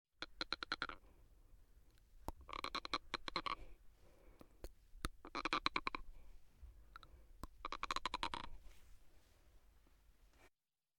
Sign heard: Teeth grinding sound.